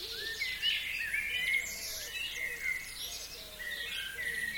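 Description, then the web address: Birds calling, many overlapping high chirps and short twittering phrases over a constant hissing background. Countryside. "Tom Hutchings Birds Country"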